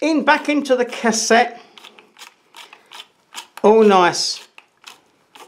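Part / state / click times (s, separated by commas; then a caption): 35mm film leader releasing from the camera's take-up spool / released / 4.6 s, 5.4 s. Someone talks while 35mm film is rewound back into its metal cassette in a FED 3 rangefinder camera, with faint ratcheting clicks from the rewind mechanism underneath. The film leader pulls free of the take-up spool with sharp clicks at 4.6 s and 5.4 s, showing the film has come out of the spool.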